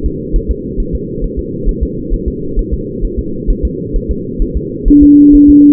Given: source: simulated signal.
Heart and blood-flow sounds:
fetal heart sounds
0.06 s: S2
0.36 s: S1
0.51 s: S2
0.80 s: S1
0.95 s: S2
1.24 s: S1
1.39 s: S2
1.69 s: S1
1.83 s: S2
2.14 s: S1
2.28 s: S2
2.59 s: S1
2.74 s: S2
3.05 s: S1
3.19 s: S2
3.50 s: S1
3.65 s: S2
3.96 s: S1
4.11 s: S2
4.42 s: S1
4.57 s: S2
4.88 s: S1
5.03 s: S2
5.35 s: S1
5.50 s: S2
From the record:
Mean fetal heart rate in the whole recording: 130 bpm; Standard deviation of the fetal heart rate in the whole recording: 4 bpm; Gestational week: 38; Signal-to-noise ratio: -6.6 dB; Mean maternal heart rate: 72 bpm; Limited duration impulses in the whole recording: present

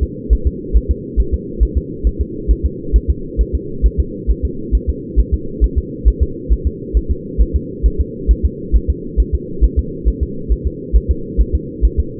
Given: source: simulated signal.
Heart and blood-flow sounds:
fetal heart sounds
0.03 s: S2
0.33 s: S1
0.47 s: S2
0.77 s: S1
0.91 s: S2
1.20 s: S1
1.34 s: S2
1.63 s: S1
1.77 s: S2
2.07 s: S1
2.21 s: S2
2.51 s: S1
2.65 s: S2
2.96 s: S1
3.10 s: S2
3.41 s: S1
3.55 s: S2
3.86 s: S1
4.00 s: S2
4.30 s: S1
4.45 s: S2
4.75 s: S1
4.89 s: S2
5.20 s: S1
5.34 s: S2
5.64 s: S1
5.78 s: S2
6.08 s: S1
6.23 s: S2
6.53 s: S1
6.67 s: S2
6.97 s: S1
7.11 s: S2
7.42 s: S1
7.56 s: S2
7.86 s: S1
8.00 s: S2
8.31 s: S1
8.45 s: S2
8.76 s: S1
8.90 s: S2
9.20 s: S1
9.35 s: S2
9.64 s: S1
9.79 s: S2
10.08 s: S1
10.23 s: S2
10.52 s: S1
10.67 s: S2
10.96 s: S1
11.11 s: S2
11.41 s: S1
11.55 s: S2
11.85 s: S1
12.00 s: S2
From the record:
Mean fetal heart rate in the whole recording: 135 bpm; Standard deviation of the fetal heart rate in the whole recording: 3 bpm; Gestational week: 34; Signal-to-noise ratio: -4.3 dB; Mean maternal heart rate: 72 bpm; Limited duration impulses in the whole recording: absent

